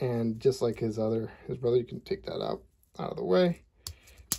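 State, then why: Seated. Someone talks while transforming a plastic combiner robot figure from the NewAge H31 Crocell and H32 Marbas (Hephaestus set B) set, pushing a torso section down into its locked transformation position. A softer tap comes at 3.9 s, then a loud, sharp click at 4.3 s as the body section snaps into place.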